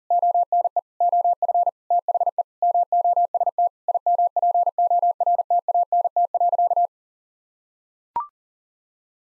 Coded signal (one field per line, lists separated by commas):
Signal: Morse code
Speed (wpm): 37 wpm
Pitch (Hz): 700 Hz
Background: none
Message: ONE OF THE MOST IMPORTANT.